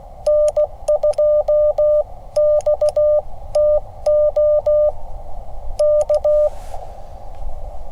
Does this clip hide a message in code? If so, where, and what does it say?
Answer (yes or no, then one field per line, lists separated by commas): yes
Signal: Morse code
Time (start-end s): 0.3-6.5 s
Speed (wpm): 16 wpm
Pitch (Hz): 600 Hz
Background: none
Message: N2XTO K